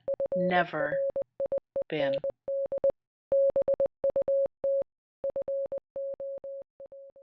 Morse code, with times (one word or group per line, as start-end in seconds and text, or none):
0.1-2.9 FRIEND
3.3-4.8 BUT
5.2-6.6 FO